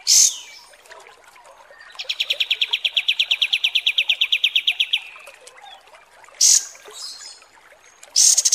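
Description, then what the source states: Kapas tembak song: a sustained fast rattling trill lasting about three seconds, framed by brief loud high-pitched bursts. Masteran training recording of kapas tembak song.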